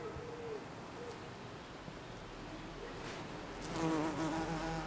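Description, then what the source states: Bee buzzing, a low droning hum that swells and wavers near the end as it passes, over a soft steady outdoor background. Bees in a garden on a sunny summer day in Jette, Belgium; recorded with Sony PCM-D100 internal microphones in wide position.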